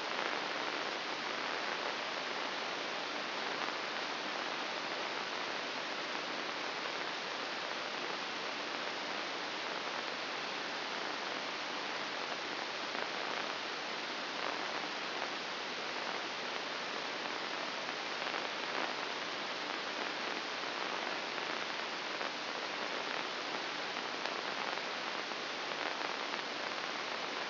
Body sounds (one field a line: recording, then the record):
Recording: brain microelectrode recording played as sound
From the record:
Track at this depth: inside the subthalamic nucleus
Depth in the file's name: 1.207 mm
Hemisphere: right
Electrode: 2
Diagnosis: Parkinson's disease